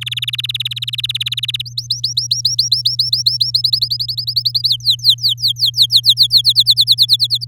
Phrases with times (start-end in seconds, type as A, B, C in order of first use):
0.01-1.62 A, 1.66-3.51 B, 3.54-4.68 C, 4.69-6.53 D, 6.55-7.45 E